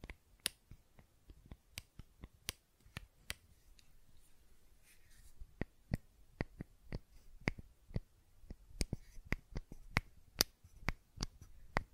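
Sharp, dry clicks and taps from a fidget cube come in irregular bursts, sometimes singly, sometimes in quick pairs or runs. They grow more frequent after the midpoint. Between clicks there is near silence with faint low rustling and handling.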